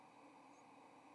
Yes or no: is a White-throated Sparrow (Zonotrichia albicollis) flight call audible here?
no